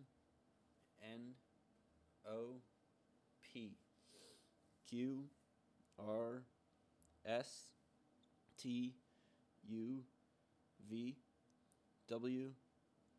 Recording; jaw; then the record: letters of the alphabet, spoken; free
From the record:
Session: seven days later